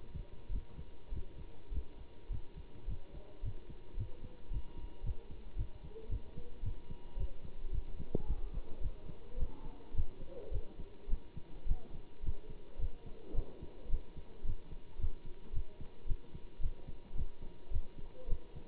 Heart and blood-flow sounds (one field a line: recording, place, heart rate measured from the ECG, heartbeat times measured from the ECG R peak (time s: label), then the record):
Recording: heart sounds by stethoscope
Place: between the tricuspid and mitral areas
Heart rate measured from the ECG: 108 bpm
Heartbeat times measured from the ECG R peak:
0.49 s: heartbeat
1.10 s: heartbeat
1.70 s: heartbeat
2.29 s: heartbeat
2.86 s: heartbeat
3.41 s: heartbeat
3.96 s: heartbeat
4.49 s: heartbeat
5.02 s: heartbeat
5.55 s: heartbeat
6.08 s: heartbeat
6.62 s: heartbeat
7.15 s: heartbeat
7.70 s: heartbeat
8.24 s: heartbeat
8.80 s: heartbeat
9.36 s: heartbeat
9.93 s: heartbeat
10.50 s: heartbeat
11.08 s: heartbeat
11.65 s: heartbeat
12.22 s: heartbeat
12.78 s: heartbeat
13.33 s: heartbeat
13.88 s: heartbeat
14.43 s: heartbeat
14.97 s: heartbeat
15.52 s: heartbeat
16.06 s: heartbeat
16.59 s: heartbeat
17.14 s: heartbeat
17.70 s: heartbeat
18.27 s: heartbeat
From the record:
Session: Bruce protocol treadmill stress test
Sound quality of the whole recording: good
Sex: male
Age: 25 years